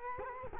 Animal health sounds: mosquito wingbeat signal from an infrared sensor; Culex quinquefasciatus

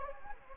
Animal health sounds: mosquito wingbeat signal from an infrared sensor; Anopheles gambiae

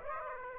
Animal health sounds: mosquito wingbeat signal from an infrared sensor; Aedes aegypti

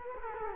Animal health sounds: mosquito wingbeat signal from an infrared sensor; Culex quinquefasciatus

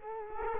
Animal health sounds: mosquito wingbeat signal from an infrared sensor; Culex quinquefasciatus

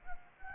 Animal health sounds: mosquito wingbeat signal from an infrared sensor; Anopheles gambiae

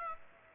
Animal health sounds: mosquito wingbeat signal from an infrared sensor; Aedes aegypti

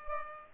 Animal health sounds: mosquito wingbeat signal from an infrared sensor; Culex pipiens

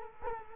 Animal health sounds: mosquito wingbeat signal from an infrared sensor; Culex quinquefasciatus

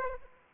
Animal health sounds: mosquito wingbeat signal from an infrared sensor; Aedes aegypti

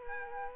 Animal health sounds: mosquito wingbeat signal from an infrared sensor; Aedes aegypti

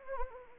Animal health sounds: mosquito wingbeat signal from an infrared sensor; Anopheles arabiensis

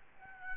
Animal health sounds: mosquito wingbeat signal from an infrared sensor; Aedes albopictus

